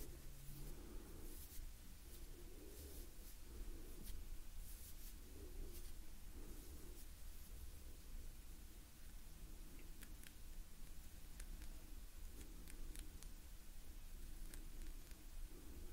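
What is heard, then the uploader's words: Gentle hand movements make soft, steady rustling, with brief sharp brushes and taps scattered throughout and a low, breathy murmur underneath. Gentle Hand Sounds Movements & Breathing.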